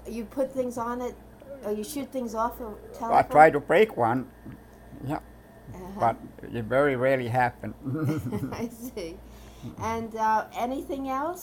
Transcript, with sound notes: You put things on it, or you shoot things off the telephone...
I tried to break one. Yeah. But it very rarely happened. (they laugh)
I see. And anything else.